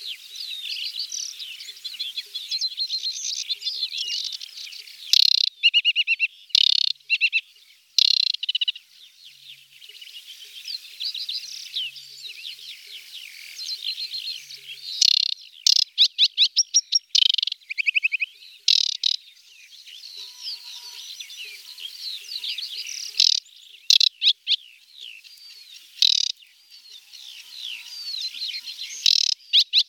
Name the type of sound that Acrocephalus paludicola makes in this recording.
song